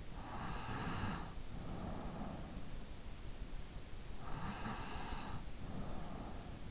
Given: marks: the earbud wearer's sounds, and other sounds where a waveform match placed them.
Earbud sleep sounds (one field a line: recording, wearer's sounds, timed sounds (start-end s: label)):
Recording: sounds in sleep by an in-ear microphone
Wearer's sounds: breath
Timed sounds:
0.15-2.65 s: breath
4.05-6.71 s: breath